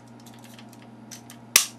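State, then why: Seated. Plastic parts of a Transformers Dark of the Moon Jetwings Optimus Prime toy figure are pushed together into the figure's body, with faint handling ticks before it. At 1.6 s they snap into place with one sharp, loud, reassuring clunk, and the parts are seated.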